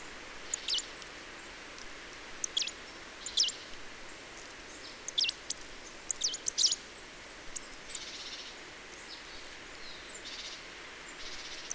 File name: Poecile palustris